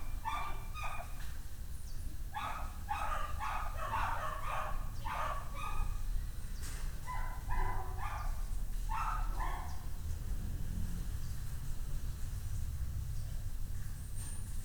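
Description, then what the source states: Dog barking in quick runs of several barks, then a quieter stretch with only low rumble. Dogs barking on the Escalera Morrison stairway, Valparaíso; recorded with a Tascam DR-100mk II.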